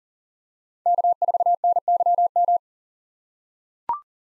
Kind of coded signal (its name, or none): Morse code